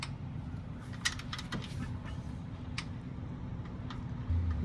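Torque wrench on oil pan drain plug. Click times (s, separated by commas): 1.1 s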